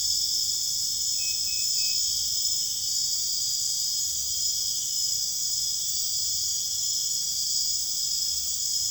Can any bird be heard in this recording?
no